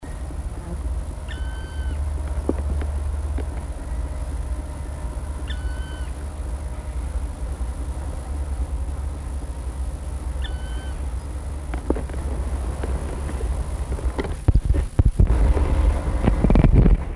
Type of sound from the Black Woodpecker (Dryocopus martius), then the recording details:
call. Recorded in the wild. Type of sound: call. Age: adult. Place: Meinerdingen, Lüneburger Heide, Niedersachsen, DE. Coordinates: 52.8333, 9.66667. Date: 1961-08-01 17:05. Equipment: Minifon, Kopie Smaragd. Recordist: Tembrock, Günter. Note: Bei Meinerdingen: Rufe